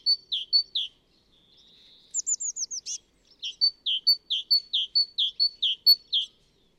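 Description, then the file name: Great tit calling: quick high chink notes, a thin rising whistle, then a rapid run of descending notes followed by a steady series of sharp two-part chinks. "Parus major"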